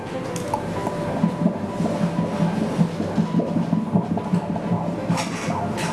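Rapid, steady, whooshing pulses at about 150 a minute, picked up by obstetric ultrasound Doppler over a low machine hum. These are normal fetal heart sounds: a baby's heart beats about twice as fast as an adult's, so this rhythm is a normal rate.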